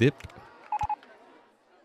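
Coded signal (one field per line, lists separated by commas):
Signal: none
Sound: a game's building beeps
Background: speech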